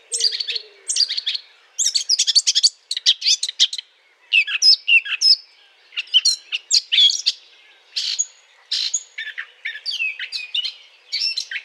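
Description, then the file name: Eurasian blackcap song in quick bursts of scratchy, twittering warbles separated by brief gaps. Courtship song; 20 April 2009. "090420 fauvette A- t Aate noire chant de s A©duction LPC"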